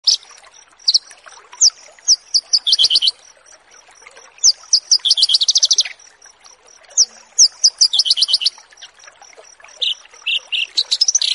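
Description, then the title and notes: Australasian bush lark song: bursts of high, sharp chirps and fast rattling trills in phrases separated by short pauses, with a steady faint high whine underneath. Song tutoring recording for training cage birds. "Branjangan VS BURGER Masteran Mewah. burung BRANJANGAN"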